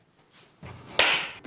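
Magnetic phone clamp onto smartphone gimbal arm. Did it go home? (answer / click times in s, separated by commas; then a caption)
yes / 1.0 s. A magnetic phone clamp is brought onto the magnetic mount of a DJI Osmo Mobile 5 smartphone gimbal arm, with soft handling noise beforehand. It clips into place with a single sharp snap at 1.0 s and holds firmly.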